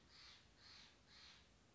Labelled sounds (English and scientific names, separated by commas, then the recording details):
Steller's Jay (Cyanocitta stelleri)
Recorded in Sonoma County, California